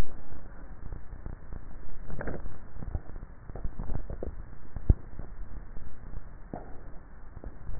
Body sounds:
swallowing sounds by neck microphone; 2
2.12-2.95 s: swallow
3.72-4.95 s: swallow
From the record:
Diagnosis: dysphagia

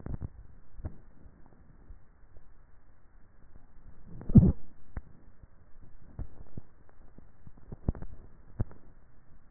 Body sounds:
swallowing sounds by neck microphone; 2
0.08-0.80 s: swallow
7.05-7.65 s: swallow
From the record:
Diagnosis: dysphagia

